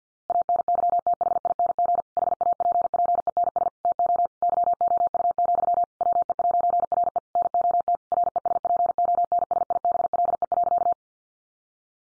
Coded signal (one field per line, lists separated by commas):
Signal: Morse code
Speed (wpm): 50 wpm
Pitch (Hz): 700 Hz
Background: none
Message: ANYTHING HAPPENS TO YOU, WE'RE NOT RESPONSIBLE.